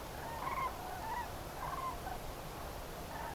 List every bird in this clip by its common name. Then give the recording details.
Common Crane. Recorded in France